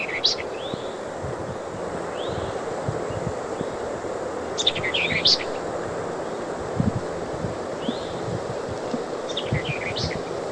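White-eyed vireo singing short, emphatic phrases of snappy chips and slurred up-and-down whistles, repeated every few seconds, with a steady low rumble underneath.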